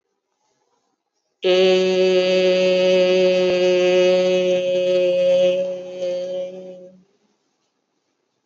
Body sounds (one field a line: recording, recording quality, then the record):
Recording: sustained vowel as in made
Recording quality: excellent, no background noise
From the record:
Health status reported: exposed to COVID-19, no respiratory illness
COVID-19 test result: negative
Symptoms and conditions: none ticked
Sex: female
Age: 29 years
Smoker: not ticked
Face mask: worn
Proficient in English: yes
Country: India